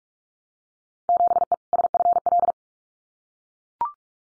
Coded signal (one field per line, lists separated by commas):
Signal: Morse code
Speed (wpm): 44 wpm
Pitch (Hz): 700 Hz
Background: none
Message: 7E SFL